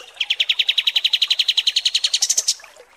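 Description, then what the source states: Kapas tembak song: a quick, regular series of buzzy pulses that steps up in pitch during the final notes. Masteran training recording of kapas tembak song, used for tutoring birds.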